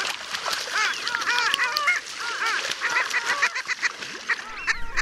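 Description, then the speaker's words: Long-tailed Ducks calling together, a busy overlapping chorus of short, arched nasal notes, with a rushing, hissy background. Breeding in the Arctic far north, where the species is not rare. "So klingt's im hohen Norden, wo die dort gar nicht so seltene Eisente brütet."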